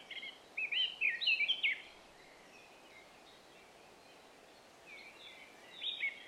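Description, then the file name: Eurasian blackcap song: a quick burst of jumbled, scratchy warbling notes, then a pause and a second softer phrase near the end. "Sylvia atricapilla"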